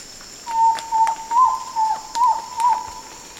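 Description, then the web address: Frog calling: a run of six short, clear mid-pitched notes about 0.4 seconds apart, each ending with a slight downward slur, over a quiet background. "chants hylmac"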